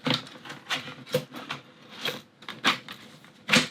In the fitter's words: snaps in place and has a snap here.